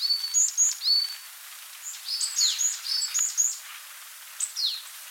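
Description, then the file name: Varied tit: soft high notes in short clusters, thin whistles and falling slurs, heard over a steady hiss. "Parus varius"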